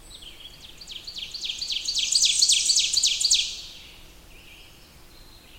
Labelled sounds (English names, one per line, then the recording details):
Ovenbird song
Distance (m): 15 m
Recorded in boreal forest in Alberta, Canada, on 20 June 2016 at 06:13
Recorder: SongMeter 3, array SBT-6-81
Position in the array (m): 82 m, 99 m
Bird 23